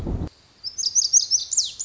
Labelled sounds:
Lazuli Bunting
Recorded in Sonoma County, California

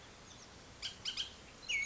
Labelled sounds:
Bullock's Oriole
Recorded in Sonoma County, California

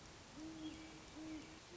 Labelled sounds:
Great Horned Owl
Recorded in Sonoma County, California

